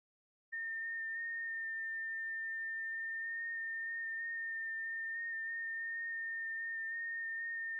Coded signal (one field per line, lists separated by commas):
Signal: FT8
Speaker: working a little 6 meter magic band. And hey, NM5V, thanks for the contact.